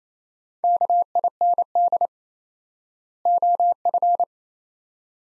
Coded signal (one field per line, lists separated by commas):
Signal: Morse code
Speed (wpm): 27 wpm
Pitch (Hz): 700 Hz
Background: none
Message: KIND OF